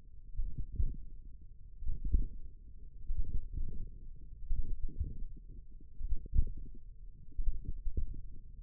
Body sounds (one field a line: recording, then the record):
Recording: forearm muscle sounds (acoustic myography)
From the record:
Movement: tripod grip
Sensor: system 1, eight BSWA MPA416 microphones around the upper forearm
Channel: 3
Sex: female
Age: 21 years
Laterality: right